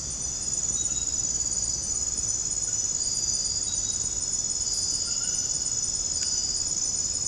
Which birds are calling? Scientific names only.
none